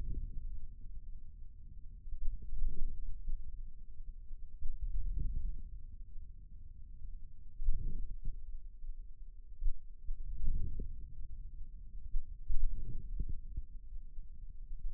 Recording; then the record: forearm muscle sounds (acoustic myography)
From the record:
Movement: hand closing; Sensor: system 2, bracelet of six BSWA MPA416 microphones around the upper forearm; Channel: 4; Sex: male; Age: 22 years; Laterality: right